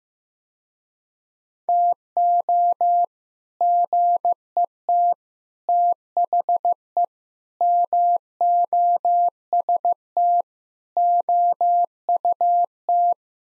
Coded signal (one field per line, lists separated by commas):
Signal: Morse code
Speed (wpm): 15 wpm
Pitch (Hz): 700 Hz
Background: none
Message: TO GET THE MOST OUT